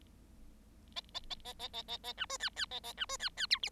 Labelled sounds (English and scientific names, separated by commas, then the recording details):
Bengalese Finch (Lonchura striata domestica) song
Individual Bird7